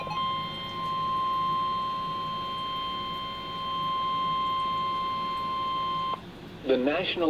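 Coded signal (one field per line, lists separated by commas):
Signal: Emergency Alert System (SAME) tones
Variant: 1050 Hz attention tone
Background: speech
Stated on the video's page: Severe thunderstorm warning recorded on NOAA Weather Radio station KXI89.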